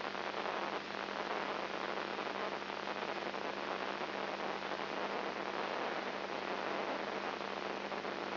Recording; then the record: brain microelectrode recording played as sound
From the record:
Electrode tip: inside the subthalamic nucleus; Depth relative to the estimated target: 1 mm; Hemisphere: right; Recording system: AlphaMap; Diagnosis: Parkinson's disease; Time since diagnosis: 7 years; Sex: female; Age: 55 years